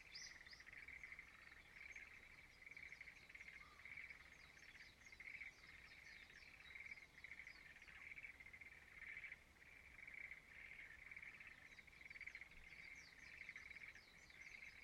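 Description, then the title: Frog chorus, a continuous pulsed trill with a scatter of faint high chirps above it. Frogs singing in a rice field at dawn in Izumo, Shimane, Japan. "Frog singing in the rice field Izumo"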